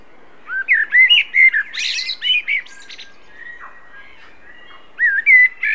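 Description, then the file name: Common blackbird song: a mellow fluted warble followed by a squeaky high twitter, then a second fluty phrase begins near the end; quiet background. "Turdus merula"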